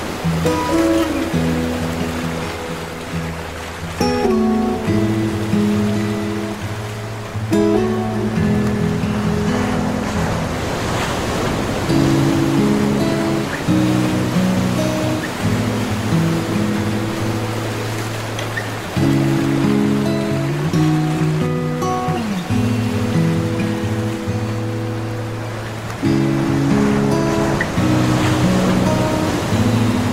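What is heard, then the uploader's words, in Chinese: Flowing water rushes steadily throughout, a constant dense wash with a soft hiss on top. Underneath, low sustained tones hold and then shift to new pitches every two to four seconds, like slow organ chords, with no pauses. 流水聲。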